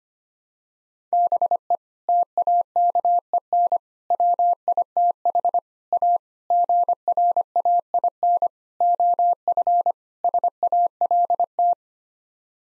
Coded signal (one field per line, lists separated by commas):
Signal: Morse code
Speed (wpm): 25 wpm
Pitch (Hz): 700 Hz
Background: none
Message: BE TAKEN WITH A GRAIN OF SALT